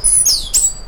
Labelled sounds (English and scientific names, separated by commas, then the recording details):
Stitchbird (Notiomystis cincta) song
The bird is a male
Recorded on Tiritiri Matangi Island, New Zealand, in 2005
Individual 1, of nest box 1